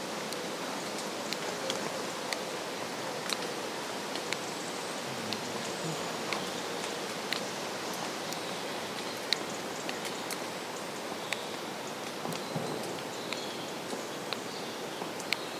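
Woodland ambience of steady, dense hiss resembling light rain, scattered with sharp snapping clicks throughout and faint high chirps now and then.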